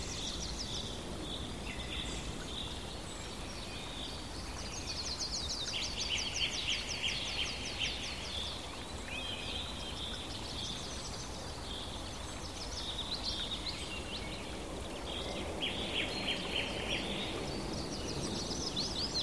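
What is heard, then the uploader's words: Birds sing almost continuously, several voices overlapping in bright, rapid trills and chirping phrases that come and go every few seconds. Beneath them a steady low rush of wind fills the background, even and unbroken, giving the scene an open outdoor feel. Singing Birds, Wind & Relaxing Nature Sounds. The trills of birds and the murmur of wind.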